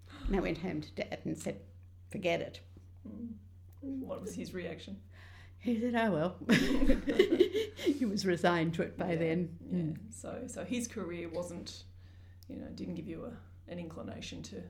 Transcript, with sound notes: And I went home to Dad and I said ‘forget it’.
What was his reaction?
He said ‘oh well’. [laughs] He was resigned to it by then.
So his career wasn’t — didn’t give you an inclination to